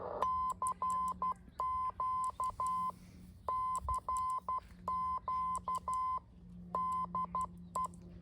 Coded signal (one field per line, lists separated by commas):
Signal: Morse code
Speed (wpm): 12 wpm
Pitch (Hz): 1030 Hz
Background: none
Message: CQ CQ DE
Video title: A trip to the back yard hamming - MFJ-9040 Station